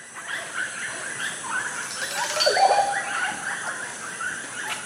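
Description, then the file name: Oropendola singing a bubbling, gurgling phrase of liquid notes that swells midway, backed by a constant high-pitched insect drone. "oropendola bird singing"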